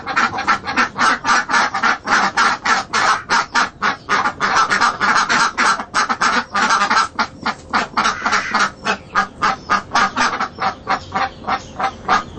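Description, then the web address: A flock of ducks keeps up fast, overlapping quacks, harsh and nasal, steady for the whole stretch. Ducks at a marketplace. "Lynne Music Marketplace-Ducks"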